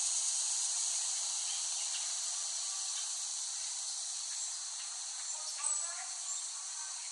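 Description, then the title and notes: Cicadas in a continuous shrill buzzing chorus. Cicadas recorded in West Brighton, Staten Island, late summer 2008. "The Cicadas of Summer. Recording of cicadas made by Dan Bodah in West Brighton, Staten Island, late summer 2008"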